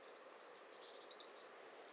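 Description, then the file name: Eurasian wren, a brief fragment of thin, very high whistled and trilled notes in two short bursts. "Troglodytes troglodytes"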